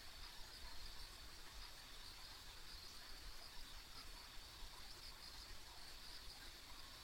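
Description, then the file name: Insects in an even, high-pitched chorus that continues without break through the short stretch, with soft background noise below. Ambient insect sounds recorded along a rural country road. "田舎道の虫の環境音"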